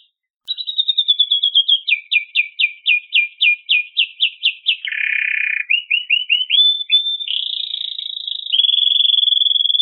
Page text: カナリアの鳴き声 - 着信音-sound-HIRingtone